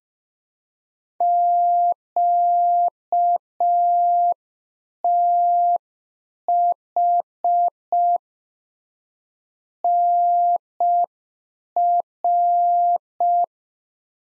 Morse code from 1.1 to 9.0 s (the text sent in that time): QTH